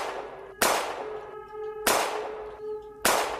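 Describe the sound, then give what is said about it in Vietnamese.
Three sharp, loud gunshot blasts fired by police officers ring out at a steady, unhurried pace, each cracking sharply and then trailing off in a metallic, ringing decay before the next one. “Sau khi tiếng súng của cô ta vang lên, súng của những cảnh sát đằng sau cũng bắt đầu phát ra tiếng pằng pằng.”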